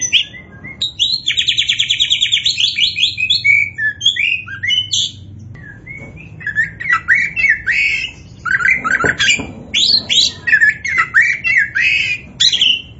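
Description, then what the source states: Oriental magpie-robin opening with a rapid buzzy trill, then a pause, then bursts of clear whistled and chattering phrases repeated in quick succession. Kacer poci type of Oriental magpie-robin, singing in gacor style (vigorous, continuous song).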